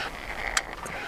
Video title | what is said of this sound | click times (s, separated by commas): Kuat Piston SR Bike Rack - Piston Pro X but for Heavy E Fat Bikes | three clicks so I feel very comfortable with the security of that bike | 0.6 s